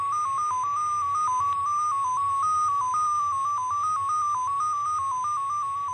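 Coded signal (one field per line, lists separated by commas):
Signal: numbers station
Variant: XPA2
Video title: 16147kHz USB BIG Message from Russian Number Station XPA2 02 05 2024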